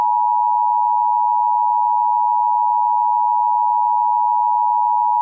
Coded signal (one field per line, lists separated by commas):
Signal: Emergency Alert System (SAME) tones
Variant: 853 and 960 Hz attention tone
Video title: EAS Reenactment Mock: 2018 National Periodic Test - 10/03/2018